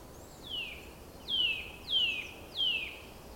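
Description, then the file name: Eurasian nuthatch giving four loud piping calls in quick succession, each a whistle dropping quickly in pitch, against a soft background hiss. "Sitta europaea"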